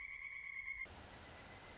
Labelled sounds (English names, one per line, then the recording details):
Pileated Woodpecker
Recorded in Sonoma County, California